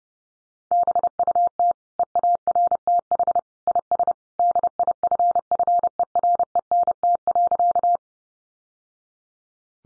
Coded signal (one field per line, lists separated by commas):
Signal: Morse code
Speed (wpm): 30 wpm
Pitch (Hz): 700 Hz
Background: none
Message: BUT EARTH IS DIFFERENT.